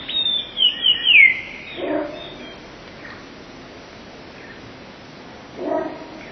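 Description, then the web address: Eurasian blue tit opens with a short phrase of high, thin notes falling into a trill, then mostly quiet with only faint sounds. "wroblowe teka 2 spiew 11. wroblowe teka modraszkoteka"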